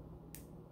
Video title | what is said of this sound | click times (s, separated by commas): #diyideas #jewellery making smaller memory wire blue lady bug/ evil eye earrings | ring you oh man I love it when it clicks | 0.3 s